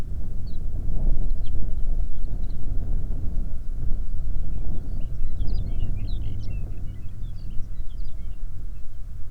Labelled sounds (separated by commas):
songbird, wind